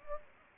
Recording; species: mosquito wingbeat signal from an infrared sensor; Anopheles gambiae